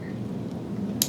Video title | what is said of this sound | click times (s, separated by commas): HHA Injections | slide your finger up until it clicks like that | 1.0 s